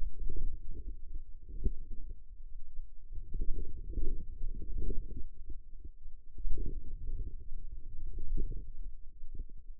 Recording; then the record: forearm muscle sounds (acoustic myography)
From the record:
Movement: outward rotation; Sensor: system 2, bracelet of six BSWA MPA416 microphones around the upper forearm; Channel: 5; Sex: female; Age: 21 years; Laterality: right